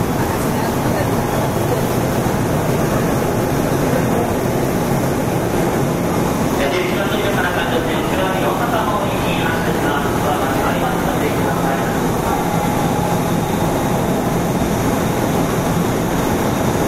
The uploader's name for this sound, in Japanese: JR201系電車 環状線内回り 大阪から天王寺まで